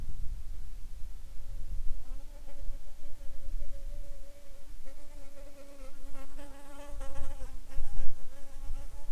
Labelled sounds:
wind, insects
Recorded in the Arctic National Wildlife Refuge, Alaska, on 7 July 2019 at 18:32
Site 41

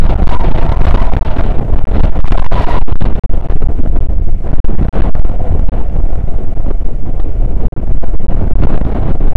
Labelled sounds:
wind
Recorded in the Prudhoe Bay oil fields, Alaska, on 9 August 2019 at 00:00
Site 29

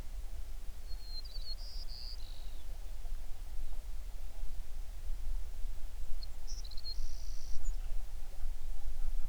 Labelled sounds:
songbird
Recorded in the Prudhoe Bay oil fields, Alaska, on 11 June 2019 at 05:28
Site 21

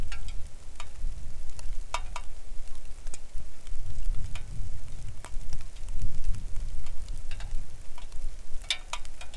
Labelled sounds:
wind, rain
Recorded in the Arctic National Wildlife Refuge, Alaska, on 3 August 2019 at 09:47
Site 41

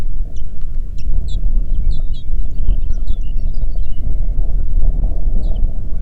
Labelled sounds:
songbird, waterfowl, wind
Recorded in the Prudhoe Bay oil fields, Alaska, on 8 June 2019 at 04:22
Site 30

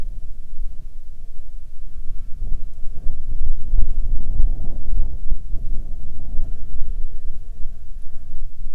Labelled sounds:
wind, insects
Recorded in the Arctic National Wildlife Refuge, Alaska, on 16 July 2019 at 14:08
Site 42

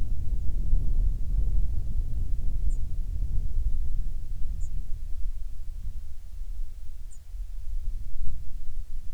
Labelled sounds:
songbird, wind
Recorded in the Prudhoe Bay oil fields, Alaska, on 7 August 2019 at 05:23
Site 13

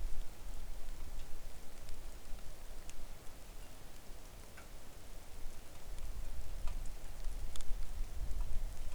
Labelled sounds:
rain
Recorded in the Arctic National Wildlife Refuge, Alaska, on 3 August 2019 at 09:31
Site 41

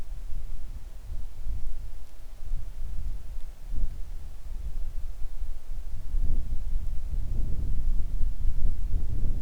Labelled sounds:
wind
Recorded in the Arctic National Wildlife Refuge, Alaska, on 3 August 2019 at 10:25
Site 41

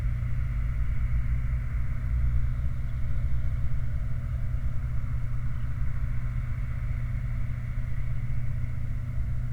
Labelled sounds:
machinery, flare stack
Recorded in the Prudhoe Bay oil fields, Alaska, on 28 July 2019 at 23:42
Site 29

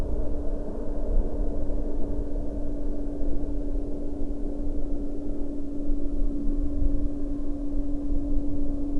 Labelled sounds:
flare stack
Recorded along the Dalton Highway, Alaska, on 17 October 2019 at 18:43
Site 10

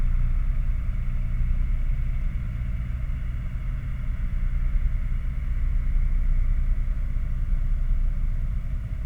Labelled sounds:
machinery, flare stack
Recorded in the Prudhoe Bay oil fields, Alaska, on 11 August 2019 at 22:23
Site 29

